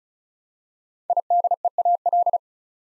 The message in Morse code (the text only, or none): IDEAL